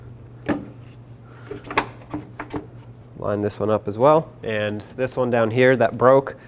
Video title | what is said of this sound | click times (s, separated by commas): How to Replace Headlights 2001-07 Toyota Sequoia | areas make sure this top one goes over and clicks into place | 1.8 s